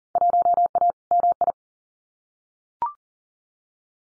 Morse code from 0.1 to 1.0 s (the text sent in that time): 1A